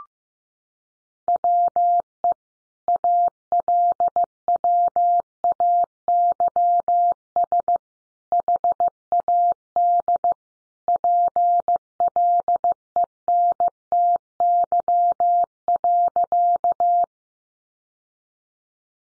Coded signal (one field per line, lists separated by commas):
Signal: Morse code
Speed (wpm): 15 wpm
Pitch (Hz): 700 Hz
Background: none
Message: WE ALWAYS HAD PLENTY.